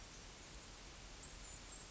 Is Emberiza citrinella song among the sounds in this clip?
no